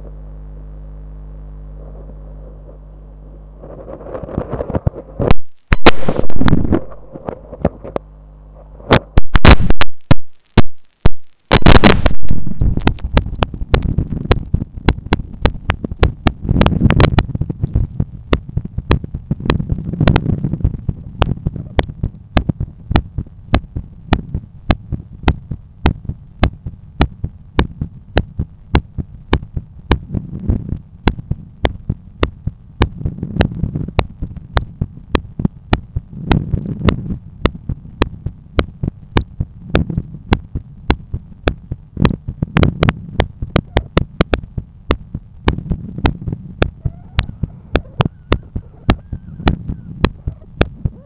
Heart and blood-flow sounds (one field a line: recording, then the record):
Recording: heart sounds by stethoscope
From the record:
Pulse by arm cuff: 103 bpm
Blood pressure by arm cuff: 128/80 mmHg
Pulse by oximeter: 101 bpm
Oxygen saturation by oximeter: 96%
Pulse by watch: 103 bpm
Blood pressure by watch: 128/84 mmHg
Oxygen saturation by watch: 95%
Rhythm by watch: sinus rhythm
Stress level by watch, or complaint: high stress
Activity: after lunch and office activities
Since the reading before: plus 7000 steps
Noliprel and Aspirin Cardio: no pills today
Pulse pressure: 48 mmHg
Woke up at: 7:30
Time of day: 15:41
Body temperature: 36.5 C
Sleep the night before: 9 h 22 min, score 68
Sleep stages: REM 22%, light 66%, deep 4%, awake 8%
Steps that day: 11800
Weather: sunny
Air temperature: 20.3 C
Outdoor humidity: 70%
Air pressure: 1015 hPa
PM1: 5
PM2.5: 8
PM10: 11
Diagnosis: hypertension, treated with Noliprel and Aspirin Cardio 100 mg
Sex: male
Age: 53 years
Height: 174 cm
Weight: 81 kg